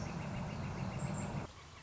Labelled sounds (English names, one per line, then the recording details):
Northern Flicker
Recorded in Sonoma County, California